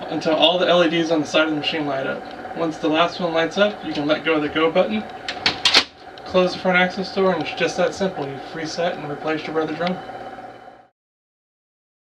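Someone talks while the plastic front access door of a Brother HL-5450 laser printer is closed after a DR720 drum reset. The door shuts with two loud clicks at 5.5 s and 5.7 s, and it closes and latches.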